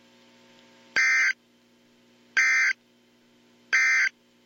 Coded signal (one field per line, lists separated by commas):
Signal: Emergency Alert System (SAME) tones